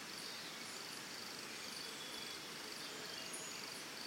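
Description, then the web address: Cricket song in a rapid high pulsed trill over a steady background hiss. Early morning in Costa Rica, forest and jungle ambience. "Big Room Sound Birds Crickets Costa Rica Early Morning"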